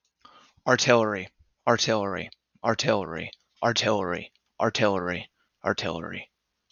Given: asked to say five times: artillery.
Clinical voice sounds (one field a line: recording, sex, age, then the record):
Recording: repeated word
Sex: male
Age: 20 to 29 years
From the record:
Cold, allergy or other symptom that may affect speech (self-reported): no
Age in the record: 20 years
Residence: Connecticut, United States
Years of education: 14